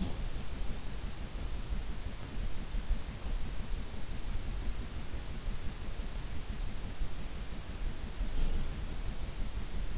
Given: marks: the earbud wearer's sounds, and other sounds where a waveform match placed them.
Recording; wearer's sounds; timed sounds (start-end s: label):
sounds in sleep by an in-ear microphone; teeth grinding, breath
0.00-0.21 s: teeth grinding
8.33-8.64 s: breath